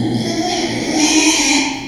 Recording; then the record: squeal of a Yucatan mini pig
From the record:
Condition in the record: after surgery on the right vocal fold (resection and tissue-engineered implant); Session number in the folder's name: 2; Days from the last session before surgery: 13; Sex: male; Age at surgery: 12 weeks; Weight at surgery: 13 kg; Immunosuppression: cyclosporine, prednisolone